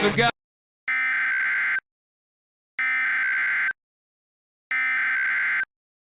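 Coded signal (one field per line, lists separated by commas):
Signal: Emergency Alert System (SAME) tones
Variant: header bursts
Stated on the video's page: Fictional EAS scenario, not a real alert.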